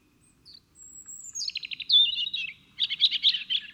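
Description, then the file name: European robin song: a thin high whistle, then a quick trill and a tumbling warble of sharp, sparkling notes, over a faint low rumble. "Erithacus rubecula"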